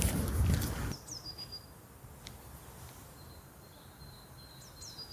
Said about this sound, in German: Ich hoffe, ihr hört die Atmo, das ist Vogelgezwitscher. Ich bin mittlerweile in Bottrop angekommen. Und zwar am Tetraeder.